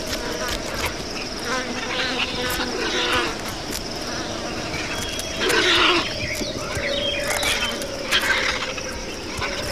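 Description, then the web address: Vultures squabbling at a feed, a dense mix of harsh hisses and rasping squawks, with a louder burst of hissing around the middle and a steady hum throughout. Several vultures feeding. "Hollywood Edge horror sounds Vultures Feeding"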